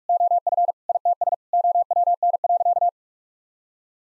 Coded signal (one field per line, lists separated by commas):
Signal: Morse code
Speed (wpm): 46 wpm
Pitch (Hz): 700 Hz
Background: none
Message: OF ITS OWN.